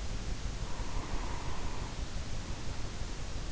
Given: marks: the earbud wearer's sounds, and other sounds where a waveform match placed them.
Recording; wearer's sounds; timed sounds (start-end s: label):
sounds in sleep by an in-ear microphone; breath
0.73-3.27 s: breath